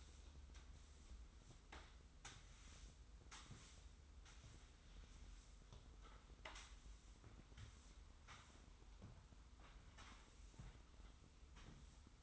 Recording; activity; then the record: daily activity, microphone in the room; sweep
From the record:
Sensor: 3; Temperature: 25.5 degrees Celsius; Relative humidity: 43.4%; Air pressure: 990.4 hPa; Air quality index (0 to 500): 196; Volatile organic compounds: 1000 ppm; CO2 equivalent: 6413 ppm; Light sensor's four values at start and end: 45/105/43/41 and 44/105/43/40